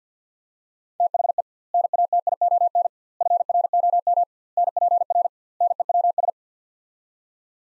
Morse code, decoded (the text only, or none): THE NATION FROM NPR NEWS